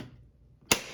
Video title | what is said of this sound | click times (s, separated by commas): Porsche 993 - Replacing door handle gasket | you can actually push down on this click it into place and then | 0.7 s